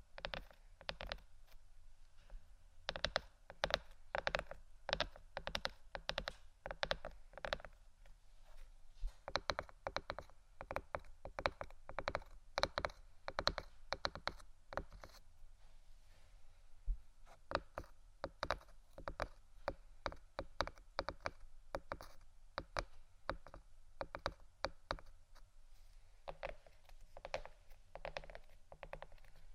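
Wooden items are tapped in quick, irregular bursts throughout, each tap a short sharp click, often in clusters that sound like typing. Brief pauses break up the runs, and a steady low hum sits beneath the whole recording.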